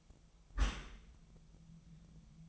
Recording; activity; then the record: daily activity, microphone in the room; close dishwasher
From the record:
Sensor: 1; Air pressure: 1004.7 hPa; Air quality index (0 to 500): 116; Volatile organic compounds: 4 ppm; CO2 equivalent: 1604 ppm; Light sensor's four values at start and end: 9/22/8/9 and 9/22/8/9